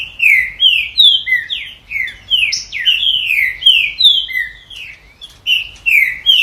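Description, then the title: Green-winged saltator singing a near-continuous run of rich whistled notes, mostly swooping downward, strung together in quick phrases with few breaks. "Trinca Ferro"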